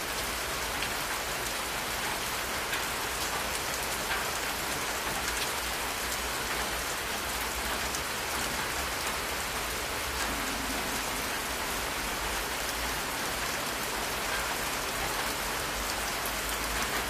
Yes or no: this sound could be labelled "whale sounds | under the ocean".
no